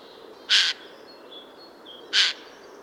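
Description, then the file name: Eurasian jay producing two short, harsh screeches about one and a half seconds apart, with faint high whistled notes between. "Garrulus glandarius"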